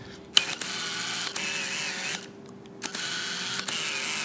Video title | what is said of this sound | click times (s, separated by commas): Nikon 180mm f/2.8 AF ED Lens Review / sample images / Portrait lens / My official FULL review & more | to a and then when you turn it it locks into place you got to turn it in the middle | 0.4 s